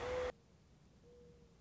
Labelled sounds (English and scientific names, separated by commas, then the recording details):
Mourning Dove (Zenaida macroura)
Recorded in Sonoma County, California